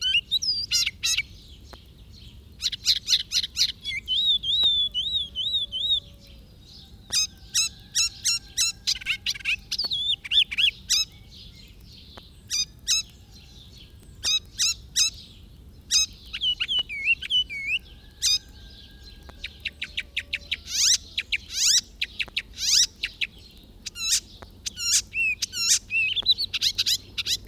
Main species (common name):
Icterine Warbler